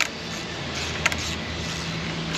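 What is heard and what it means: On a 2006 Cadillac Northstar 4.8 engine, the screw of a metal worm-drive hose clamp on an engine coolant hose is turned while working around the crank pulley. Sharp snaps are heard at 0.0, 1.1 and 1.1 seconds over a steady background hum. The hose clamp screw strips out.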